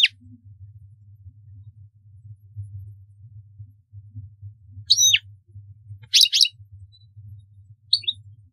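European goldfinch producing a few separate twittery phrases, including a slurred downward note and a dense jingle, with long pauses and a low background hum.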